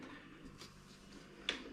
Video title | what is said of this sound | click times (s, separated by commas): NIU KQi2 Pro Electric Kick Scooter Unboxing | fold it out it clicks and then you | 1.5 s